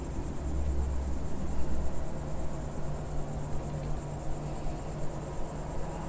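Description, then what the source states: Cicada song, a continuous shrill high buzz throughout, with a soft low rumble underneath. Single cicada in a garden in a small village in Picardy, northern France; early evening warmth, among lavender and myrtle bushes.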